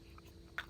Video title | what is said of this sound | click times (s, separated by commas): Harbor Freight 20 ton log splitter MODIFICATIONS only. | off of a brake cleaner can, and it fit perfectly and actually snaps in place | 0.6 s